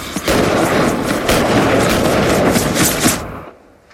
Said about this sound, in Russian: Вдалеке звучат выстрелы.